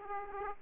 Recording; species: mosquito wingbeat signal from an infrared sensor; Aedes aegypti